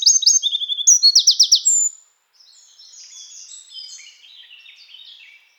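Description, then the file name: Eurasian wren song: a loud burst of rapid high trills and sharp notes for two seconds, then a fainter, softer run of tumbling twittering notes. "Troglodytes troglodytes"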